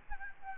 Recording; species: mosquito wingbeat signal from an infrared sensor; Aedes albopictus